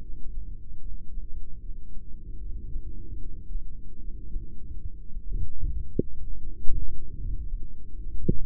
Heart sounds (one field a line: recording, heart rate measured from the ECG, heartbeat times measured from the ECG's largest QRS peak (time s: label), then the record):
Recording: heart sounds by microphone in the left ear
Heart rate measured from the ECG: 75 bpm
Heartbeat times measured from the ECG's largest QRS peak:
0.77 s: heartbeat
1.57 s: heartbeat
2.37 s: heartbeat
3.16 s: heartbeat
3.96 s: heartbeat
4.76 s: heartbeat
5.55 s: heartbeat
6.35 s: heartbeat
7.15 s: heartbeat
7.94 s: heartbeat
From the record:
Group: heart failure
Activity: rest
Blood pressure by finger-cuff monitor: 103/77 mmHg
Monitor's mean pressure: 88 mmHg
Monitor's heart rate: 75 bpm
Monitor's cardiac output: 4.4 L/min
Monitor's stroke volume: 59 mL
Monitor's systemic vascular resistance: 1450 dyn s/cm5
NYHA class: 2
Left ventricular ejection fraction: 58%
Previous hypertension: present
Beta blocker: bisoprolol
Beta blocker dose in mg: 5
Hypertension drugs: ramipril, spironolactone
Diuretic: furosemide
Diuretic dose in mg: 160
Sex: female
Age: 55 years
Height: 155 cm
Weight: 67 kg